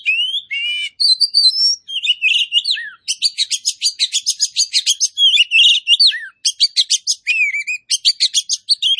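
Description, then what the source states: Oriental magpie-robin delivering a long, dense, nearly continuous stream of whistled notes, rapid trills and harsh buzzy phrases. Kacer poci form of the magpie-robin, singing vigorously (gacor).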